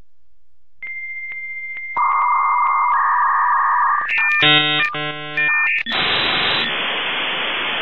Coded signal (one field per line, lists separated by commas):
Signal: dial-up modem handshake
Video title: Sonido Modem Dial Up(Conexion Telefonica)